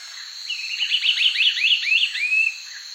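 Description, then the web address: Lunulated antbird calling, a quick series of high, rising whistled notes over about two seconds, ending in a longer thin whistle, against a steady insect hiss. South America, eastern lowlands. "Natures Songs S America Eastern Lowlands. Lunulated Antbird"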